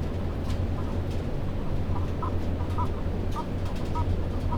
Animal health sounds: poultry house recording; healthy chickens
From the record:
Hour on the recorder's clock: 22

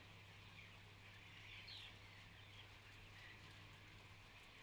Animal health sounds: poultry house recording; healthy chickens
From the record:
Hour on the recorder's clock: 13

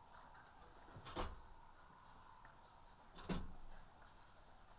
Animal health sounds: poultry house recording; healthy chickens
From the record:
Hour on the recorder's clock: 12

